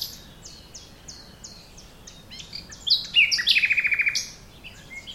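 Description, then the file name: Common nightingale song: evenly repeated high chipping notes, then a burst of loud sharp notes running into a rapid rattling trill, ending in soft high chirps. "Luscinia megarhynchos"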